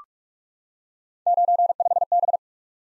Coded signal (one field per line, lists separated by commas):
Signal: Morse code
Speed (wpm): 44 wpm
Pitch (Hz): 700 Hz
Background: none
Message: 95B